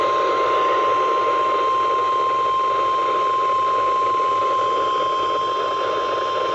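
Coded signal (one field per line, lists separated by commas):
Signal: Emergency Alert System (SAME) tones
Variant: 1050 Hz attention tone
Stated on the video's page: Required Weekly Test broadcast on three NOAA Weather Radio stations.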